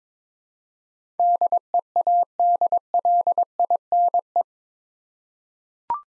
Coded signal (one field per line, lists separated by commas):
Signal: Morse code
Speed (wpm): 22 wpm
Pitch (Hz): 700 Hz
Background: none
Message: DEADLINE